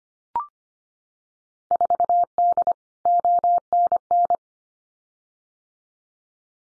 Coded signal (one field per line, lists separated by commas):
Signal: Morse code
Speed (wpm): 25 wpm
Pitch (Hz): 700 Hz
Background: none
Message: 4D ONN